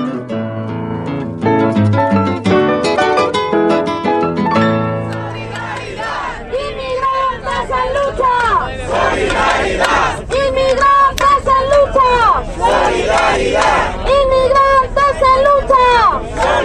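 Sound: protest demonstration crowd chanting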